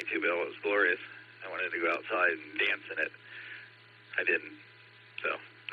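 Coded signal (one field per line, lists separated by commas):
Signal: Emergency Alert System (SAME) tones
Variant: header bursts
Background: speech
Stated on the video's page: Heard on a 2-meter repeater net at 147.39 MHz with 114.8 PL, received on a Flex 6700 with a preamp/power amp and a Mosley 5/8 base antenna.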